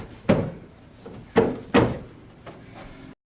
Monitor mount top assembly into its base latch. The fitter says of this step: push back until it clicks